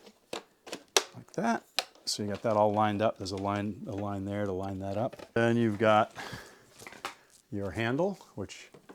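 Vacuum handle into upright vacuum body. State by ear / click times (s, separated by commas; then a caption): not seated / none. A plastic handle for a Shark upright vacuum is being handled and lined up with the vacuum's upright body while someone talks, with a few short knocks and taps around 0.4–1.0 s and 6.9–7.1 s. The handle has not yet been pushed on, and nothing has seated or clicked into the body yet.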